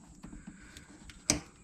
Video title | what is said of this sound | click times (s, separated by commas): srt4 gets some upgrades | that sucker on snap | 1.3 s